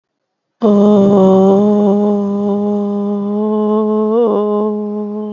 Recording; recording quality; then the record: sustained vowel as in boot; excellent, no background noise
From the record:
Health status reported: COVID-19 positive, moderate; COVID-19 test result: positive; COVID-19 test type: RT-PCR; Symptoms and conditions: fever, fatigue, loss of smell and taste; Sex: female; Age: 21 years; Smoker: no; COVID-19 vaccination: both doses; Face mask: not worn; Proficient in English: yes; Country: India